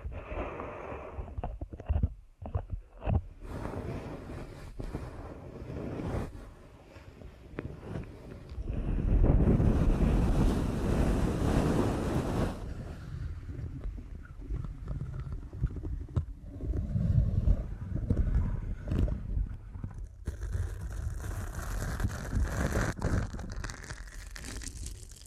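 Deep ear canal massage with dense, rubbing, muffled friction, heaviest around ten to twelve seconds, with brief pauses and shifting rustles throughout.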